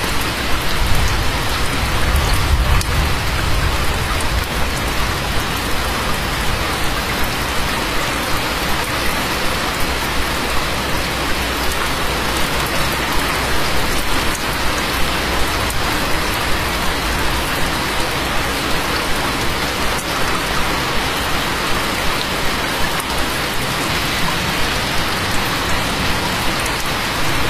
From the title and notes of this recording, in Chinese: 躺在床上听窗外下雨声。